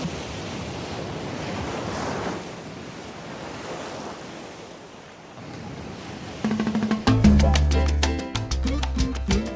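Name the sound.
ocean waves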